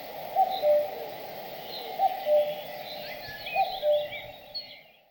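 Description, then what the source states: Bird repeating a mellow two-note whistle three times at even intervals, faint high twitters underneath, fading out at the end. In a forest.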